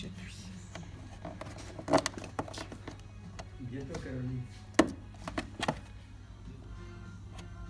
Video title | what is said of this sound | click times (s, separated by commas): *TUTO n°5* Nous avons reçu le tablier Tucanourbano pour le Honda X-ADV !!! | voilà, là c'est clipsé. | 4.8 s